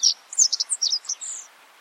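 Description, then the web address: Godlewski's bunting call: a brief burst of high, sharp chips and quick slurred notes, ending in a thin drawn-out whistle. "godlewski s bunting bird call"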